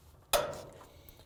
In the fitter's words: Once you hear the motor clamp snap into place, we can put the other one on.